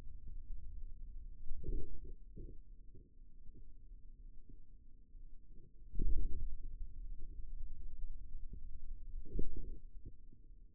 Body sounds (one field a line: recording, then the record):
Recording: forearm muscle sounds (acoustic myography)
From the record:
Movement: radial deviation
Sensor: system 2, bracelet of six BSWA MPA416 microphones around the upper forearm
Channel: 3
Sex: male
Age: 22 years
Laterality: right